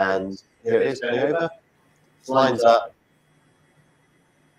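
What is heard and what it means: A robot arm carries an organ module over the robot body socket and lines it up before moving down to clip it in. Someone talks in three short bursts up to about 2.9 s, then only a faint low hum remains. Nothing has clipped in or clicked yet.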